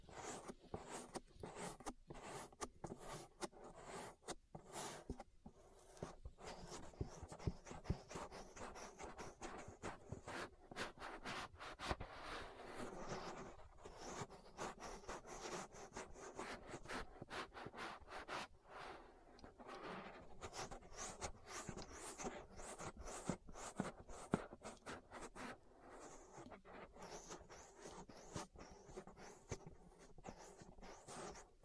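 An ear massage with a steady stream of soft rubbing, brushing and tapping sounds, dense and quick with many sharp crackling clicks packed throughout. The texture stays fairly even for the whole half minute, with a low rustling bed beneath the crisp touches.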